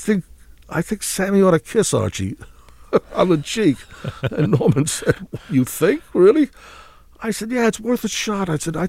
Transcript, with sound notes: I said, I think Sammy ought to kiss Archie (laughter) on the cheek.
(Laughter).
And Norman said, you think, really? I said, yeah, it's worth a shot.